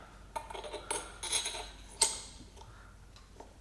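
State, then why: Seated. A bearing is pushed onto an automatic transmission clutch drum during reassembly of a ZF 6HP26 automatic gearbox from a Jaguar S-Type, snapping into place after some pressure. Metallic handling clinks and scrapes lead up to one sharp, loud snap at 2.0 s, followed by a few faint ticks. The bearing is seated on the drum.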